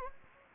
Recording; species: mosquito wingbeat signal from an infrared sensor; Anopheles gambiae